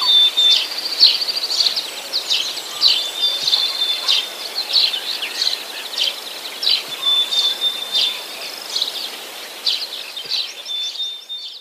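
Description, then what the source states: Marsh warbler song: fast, varied high chattering and buzzy phrases in an unbroken stream, with a thin steady whistle drawn out beneath them, lasting about eleven seconds. Song includes mimicry borrowed from the willow tit.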